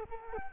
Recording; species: mosquito wingbeat signal from an infrared sensor; Culex quinquefasciatus